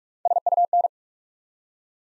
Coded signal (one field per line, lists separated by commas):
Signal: Morse code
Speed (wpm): 46 wpm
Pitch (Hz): 700 Hz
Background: none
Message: SUN